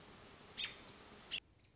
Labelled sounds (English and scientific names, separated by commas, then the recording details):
American Robin (Turdus migratorius)
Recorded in Sonoma County, California